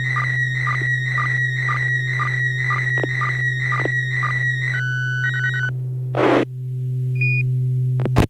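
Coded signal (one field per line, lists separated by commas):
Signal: SSTV (slow-scan television)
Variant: PD120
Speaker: we'll start out with our first image of the evening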